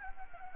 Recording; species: mosquito wingbeat signal from an infrared sensor; Anopheles gambiae